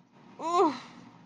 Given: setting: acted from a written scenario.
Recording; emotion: vocal sound without words; pain